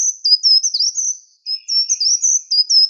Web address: Certhia brachydactyla